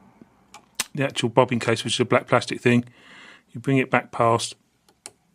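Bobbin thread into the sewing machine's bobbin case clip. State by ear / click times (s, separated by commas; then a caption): seated / 5.1 s. On a Singer 4423 sewing machine, the bobbin is dropped into the black plastic bobbin case, and the thread is drawn back past the little clip on the case's edge while someone talks. A sharp snap at 5.1 s marks the bobbin thread seating into the clip.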